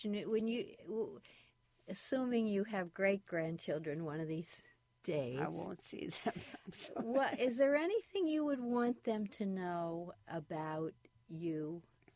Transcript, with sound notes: When you --assuming you have great- grandchildren one of these days –
I won't see them, I'm sorry — (laughs)
Well, is there anything you would want them to know about you